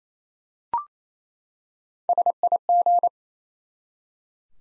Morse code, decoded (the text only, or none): SIG